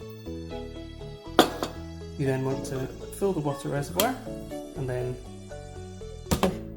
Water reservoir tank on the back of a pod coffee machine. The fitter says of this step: till you hear me click and then lift straight up.